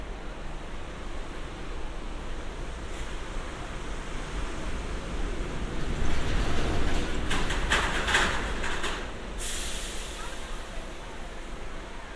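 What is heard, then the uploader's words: Walking on the beach by Santa Monica Pier: a steady low rumble of surf, swelling midway with brief clattering bursts near eight and nine seconds. Santa Monica Pier. A binaural field recording. A walk on the beach; under the pier; a few hundred yards and back again; up to the pier.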